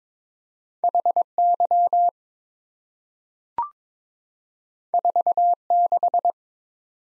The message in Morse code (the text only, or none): HY 46